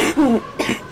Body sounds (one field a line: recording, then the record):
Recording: coughing mixed with background sound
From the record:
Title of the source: 61 morning phlegmy cough...again